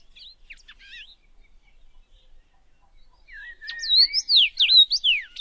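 Common rosefinch with faint twittering notes at first, then a loud run of swooping, whistled notes over the last second and a half.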